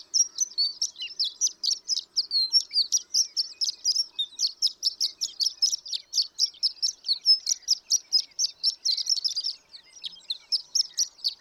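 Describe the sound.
Horned lark song, steady high tinkling chips pouring out in a quick series for several seconds.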